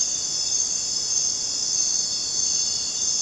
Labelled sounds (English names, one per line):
none